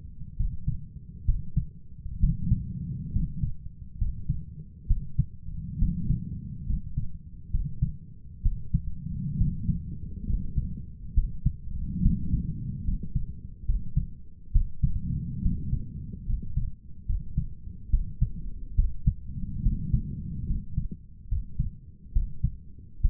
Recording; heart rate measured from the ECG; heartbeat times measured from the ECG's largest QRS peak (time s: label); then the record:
heart sounds by stethoscope; 69 bpm
0.36 s: heartbeat
1.25 s: heartbeat
2.20 s: heartbeat
3.12 s: heartbeat
3.98 s: heartbeat
4.87 s: heartbeat
5.78 s: heartbeat
6.66 s: heartbeat
7.50 s: heartbeat
8.42 s: heartbeat
9.37 s: heartbeat
10.26 s: heartbeat
11.13 s: heartbeat
12.01 s: heartbeat
12.84 s: heartbeat
13.65 s: heartbeat
14.51 s: heartbeat
15.41 s: heartbeat
16.25 s: heartbeat
17.05 s: heartbeat
17.89 s: heartbeat
18.75 s: heartbeat
19.62 s: heartbeat
20.46 s: heartbeat
21.28 s: heartbeat
22.12 s: heartbeat
23.01 s: heartbeat
From the record:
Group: healthy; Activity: rest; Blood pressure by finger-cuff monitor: 101/59 mmHg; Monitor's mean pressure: 71 mmHg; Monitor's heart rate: 68 bpm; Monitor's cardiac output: 6.8 L/min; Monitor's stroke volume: 100 mL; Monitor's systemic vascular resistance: 750 dyn s/cm5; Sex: male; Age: 23 years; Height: 178 cm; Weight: 96.6 kg